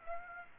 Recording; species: mosquito wingbeat signal from an infrared sensor; Aedes aegypti